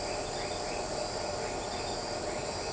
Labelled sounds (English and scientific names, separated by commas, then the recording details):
none
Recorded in shrubland near Pivijay, Magdalena, Colombia, on 15 April 2023 at 20:00
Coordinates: 10.453, -74.365
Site P5-G022